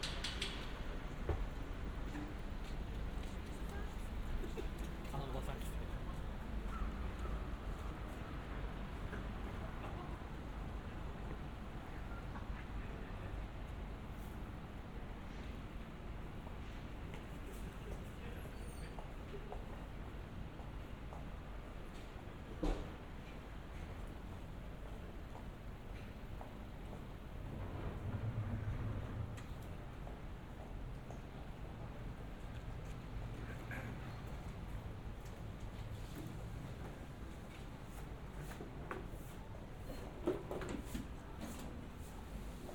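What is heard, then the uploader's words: A walk through Shinbashi, Tokyo, with a steady low rumble of traffic and a busy murmur of voices throughout. Scattered clicks and knocks come and go, with a sharper thud near the middle and a louder swell of low noise around twenty-eight seconds. 3D AUDIO TOKYO WALKING - Shinbashi(新橋), Japan.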